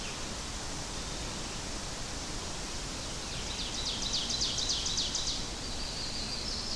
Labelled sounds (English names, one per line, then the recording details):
Ovenbird song
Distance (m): 65 m
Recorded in boreal forest in Alberta, Canada, on 25 June 2016 at 08:11
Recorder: SongMeter 3, array SBT-6-76
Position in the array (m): 298 m, 79 m
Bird 1